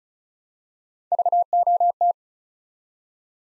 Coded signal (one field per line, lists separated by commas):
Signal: Morse code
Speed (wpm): 36 wpm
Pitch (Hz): 700 Hz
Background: none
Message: VOT